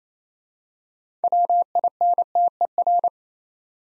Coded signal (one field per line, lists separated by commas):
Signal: Morse code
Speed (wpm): 27 wpm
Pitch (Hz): 700 Hz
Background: none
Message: WINTER